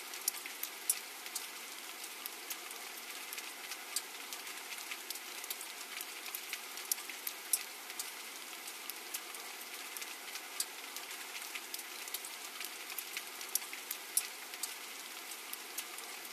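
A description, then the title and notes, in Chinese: Rain falls on and around a stone house, a steady dense patter of fine drops with sharp individual ticks scattered throughout. The sound is bright and hissing with little low end, and a faint constant hum sits underneath the whole time. 石屋听雨。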